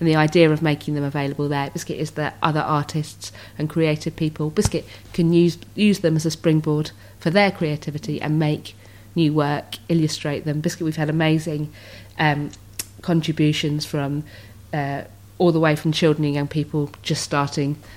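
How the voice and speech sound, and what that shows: A woman speaks fluently and calmly, but the word "biscuit" pops out three times mid-sentence, unrelated to what she is saying. These abrupt intrusive words are vocal tics of Tourette syndrome; "biscuit" and "hedgehog" are her most common tics, and her tics can also be complete phrases that throw together unusual ideas.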